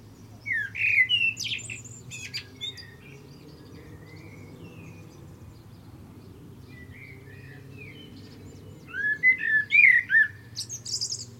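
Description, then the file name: Common blackbird song, two phrases of rich fluting whistles with squeaky high trills, separated by a long pause over a continuous low hum. "Turdus merula"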